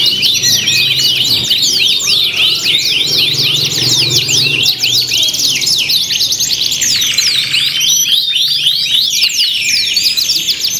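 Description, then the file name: Canary song: rapid, overlapping chirps and sweeping whistles pouring out without pause, with a rolling trill in the later part. Canary contest simulation with filler tutor songs, from the Indonesian bird-keeping site Om Kicau, 2013. "audio-simulasi-lomba-kenari-isian 2-omkicau"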